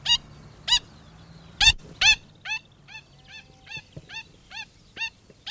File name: black stilt